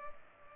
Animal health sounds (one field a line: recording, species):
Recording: mosquito wingbeat signal from an infrared sensor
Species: Culex pipiens